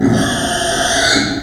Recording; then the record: squeal of a Yucatan mini pig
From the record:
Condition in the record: before surgery on the right vocal fold (resection and tissue-engineered implant); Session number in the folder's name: 3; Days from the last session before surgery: 0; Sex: female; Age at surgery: 19 weeks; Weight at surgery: 25 kg